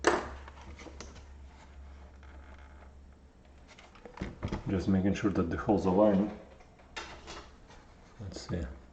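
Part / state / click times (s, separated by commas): laptop case or frame part snapping onto the laptop chassis / not seated / none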